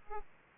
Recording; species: mosquito wingbeat signal from an infrared sensor; Aedes aegypti